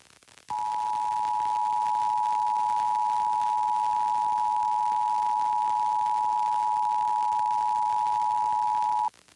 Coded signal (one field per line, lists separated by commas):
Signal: Emergency Alert System (SAME) tones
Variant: 853 and 960 Hz attention tone